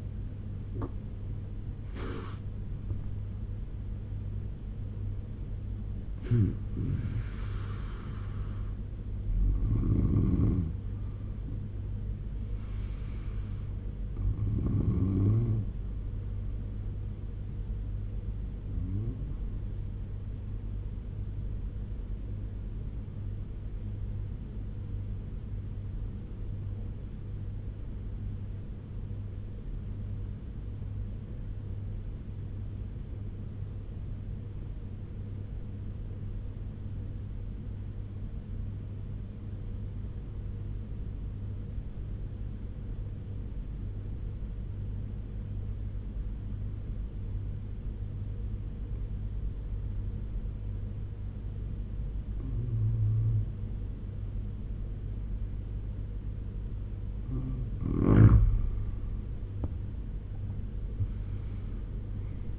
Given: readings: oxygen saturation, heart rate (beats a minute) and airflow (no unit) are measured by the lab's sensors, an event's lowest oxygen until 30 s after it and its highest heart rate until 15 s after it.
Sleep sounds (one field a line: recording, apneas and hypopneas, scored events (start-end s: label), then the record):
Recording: breathing in sleep by a smartphone at the bedside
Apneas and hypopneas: 1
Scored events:
16.00-62.59 s: new sleep stage, N2 (light sleep)
23.00-52.60 s: obstructive apnea (N2, oxygen 97% highest, then 84% lowest, heart rate 75 at the start, 93 highest)
From the record:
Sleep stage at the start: N1 (lightest sleep)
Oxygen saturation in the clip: 85 to 97%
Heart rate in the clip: 73 to 90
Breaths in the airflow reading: 5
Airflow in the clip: -13.4 to 13.3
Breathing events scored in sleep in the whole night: 201 in 6.5 hours asleep